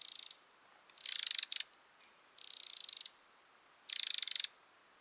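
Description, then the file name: Eurasian wren with four high rattling bursts, two loud and two softer, separated by short gaps. "Troglodytes troglodytes"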